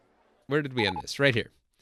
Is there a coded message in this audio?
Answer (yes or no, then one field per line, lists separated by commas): no